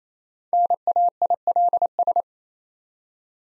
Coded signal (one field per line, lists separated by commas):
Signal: Morse code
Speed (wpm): 27 wpm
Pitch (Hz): 700 Hz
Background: none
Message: NAILS